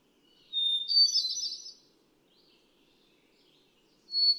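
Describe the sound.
Hermit thrush gives one flute-like phrase, a long whistle then a quick rising flourish, followed by a pause and the start of a new higher phrase.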